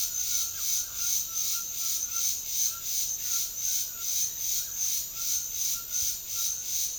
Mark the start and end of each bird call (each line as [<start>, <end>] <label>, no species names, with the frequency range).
[0.00, 6.68] bird call (1.1-2.1 kHz)